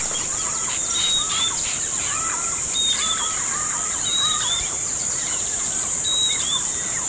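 Bird calls: short arched notes repeated in pairs and clusters, with a few higher thin whistled notes, over a steady high hiss.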